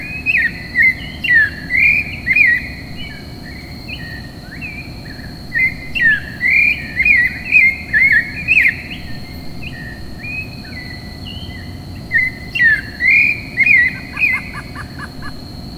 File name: clay-colored robin bird song